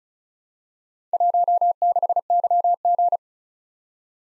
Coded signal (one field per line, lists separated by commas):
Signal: Morse code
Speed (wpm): 36 wpm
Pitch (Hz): 700 Hz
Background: none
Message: 16YG